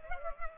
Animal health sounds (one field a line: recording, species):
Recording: mosquito wingbeat signal from an infrared sensor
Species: Culex pipiens